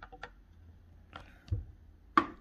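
A component of a Kenwood JMP400-WH slow juicer is fitted into the juicer housing during assembly, with soft handling sounds and a dull thump near 1.5 s. A sharp knock at 2.2 s marks the part seating in place.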